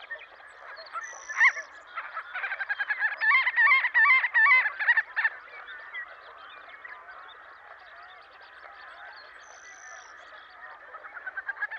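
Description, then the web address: Marbled godwit calls: nasal, harmonic notes repeated rapidly in a burst from about two and a half to five seconds, over steady background noise. Western North America. "Dan Gibson Wildlife Identification By Sound, Western North America. Marbled Godwit"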